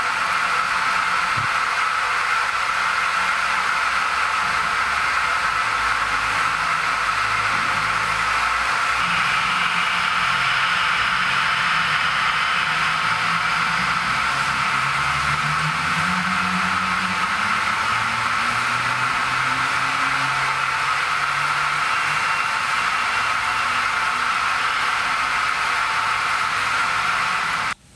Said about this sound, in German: Genau, da ist ein bisschen gemogelt, ja. Bei den eigentlichen Heizungen, die eh dort sind, die sind einfach aufgedreht und die rauschen von sich aus. Und die anderen sind halt mit Miniaturlautsprechern versehen.